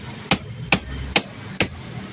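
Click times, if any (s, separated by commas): none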